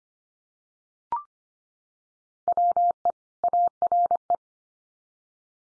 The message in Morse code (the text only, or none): WE ARE